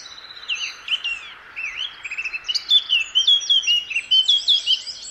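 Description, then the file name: Eurasian blackcap song starting with soft twittering and swelling into a loud series of pure, fluting whistled notes. "Sylvia atricapilla"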